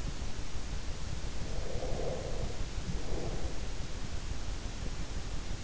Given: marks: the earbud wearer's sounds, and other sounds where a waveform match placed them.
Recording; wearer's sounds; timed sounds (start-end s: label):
sounds in sleep by an in-ear microphone; breath
1.38-3.77 s: breath